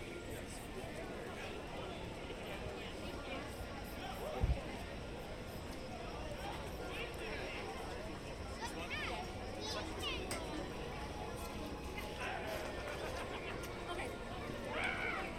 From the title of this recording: Disneyland Park Binaural Walk Through